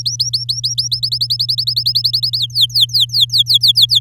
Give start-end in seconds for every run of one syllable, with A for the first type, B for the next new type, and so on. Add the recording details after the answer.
0.00-0.88 A, 0.91-2.38 B, 2.39-3.99 C. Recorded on 10 May 2018 at 12:33. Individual llb16